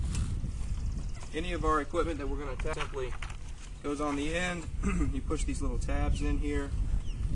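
Someone talks while handling a pool vacuum attachment, pressing in its small spring tabs to push it onto the end of a telescopic aluminium pole. The attachment has not seated or clicked into place yet.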